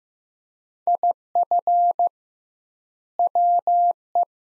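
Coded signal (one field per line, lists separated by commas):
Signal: Morse code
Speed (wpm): 15 wpm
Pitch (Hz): 700 Hz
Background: none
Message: IF WE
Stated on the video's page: Morse practice of two-word sets at 15 wpm with 2x word spacing, a Farnsworth-like method for head-copying phrases.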